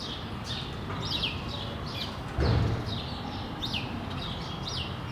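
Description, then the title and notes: Sparrow chirps repeated several times, with a brief thump in the middle and a low rumble behind. Recorded on Rue de l'épargne, Brussels, Belgium, on World Sparrow Day; Lom mikroUši microphone into Deity PR-2 recorder. "Rue de l'épargne, Bruxelles, Bruxelles-Capitale, Belgique - World Sparrow Day. Sparrows - moineaux"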